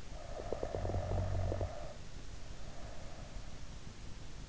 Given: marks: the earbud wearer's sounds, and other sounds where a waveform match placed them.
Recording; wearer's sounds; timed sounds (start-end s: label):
sounds in sleep by an in-ear microphone; snoring breath
0.04-3.51 s: snoring breath